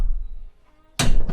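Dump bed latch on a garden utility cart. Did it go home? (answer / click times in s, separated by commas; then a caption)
no / none. The dump bed latch on a garden utility cart is handled as the bed is lowered. A low rumble fades into near silence, then a loud broadband burst hits at about 1.0 s and a softer one at about 1.3 s. Nothing has seated or clicked into place yet.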